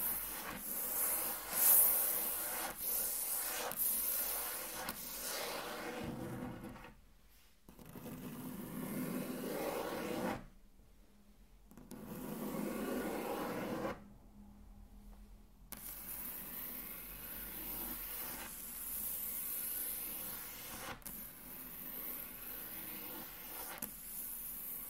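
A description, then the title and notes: Intense tracing on a table: a dense, scratchy rubbing that scrapes on almost without pause, brightest in its hissy top. The strokes break off briefly near 7 seconds, thin out around 10 to 12, and stop entirely from about 14 to 15.5 seconds before resuming steadily. Intense Table Tracing (No Talking).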